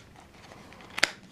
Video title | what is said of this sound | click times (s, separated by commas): TEST de la coque officielle du HTC One S | Donc ça se clipse très facilement comme ceci. | 1.0 s